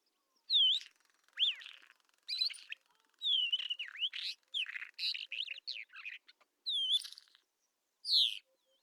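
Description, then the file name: Isabelline wheatear song, a long varied warble of clear whistled slurs mixed with harsh chattering notes, delivered in quick bursts with brief gaps. Recorded at Telmen Nuur. "isawheat telmen-nuur"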